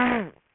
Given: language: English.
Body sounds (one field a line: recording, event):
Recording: throat vibration sensor signal played as sound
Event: throat clearing